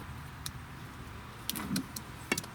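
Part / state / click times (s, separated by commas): positive solar panel cable plug into the charging lead plug / not seated / none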